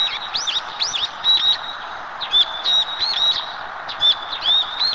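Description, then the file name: Brown-eared bulbul producing rapid runs of shrill, wavering, high-pitched calls with swooping inflections, separated by short pauses, over a constant background hiss. Wild brown-eared bulbul in nature. "hiyodori"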